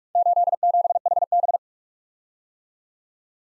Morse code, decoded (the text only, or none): 87HB